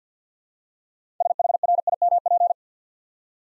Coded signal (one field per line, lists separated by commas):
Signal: Morse code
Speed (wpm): 53 wpm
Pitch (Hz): 700 Hz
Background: none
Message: SHRIMP